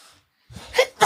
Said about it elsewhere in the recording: Did we just catch a sneeze on camera?